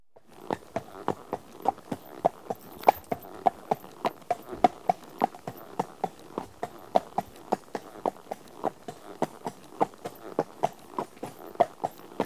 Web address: BBC Sound Effects Library. Horses. One horse at walk on tarmac